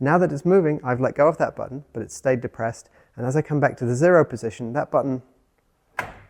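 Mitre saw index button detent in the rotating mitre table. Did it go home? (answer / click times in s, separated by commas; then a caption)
yes / 6.0 s. A mitre saw's rotating mitre table is swung back to the 0° position while someone talks. The index button, which had stayed depressed, pops up with a sharp click at 6.0 seconds and locks the table into the zero detent.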